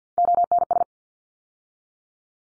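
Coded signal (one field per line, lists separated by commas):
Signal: Morse code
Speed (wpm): 50 wpm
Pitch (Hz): 700 Hz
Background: none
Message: ONS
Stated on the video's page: Morse head-copy drill of ARRL section abbreviations used in Field Day exchanges, at 50 wpm, each sent, then spoken, then sent again.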